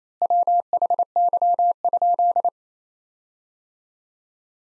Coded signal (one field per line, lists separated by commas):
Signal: Morse code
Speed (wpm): 28 wpm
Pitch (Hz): 700 Hz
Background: none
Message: WHY?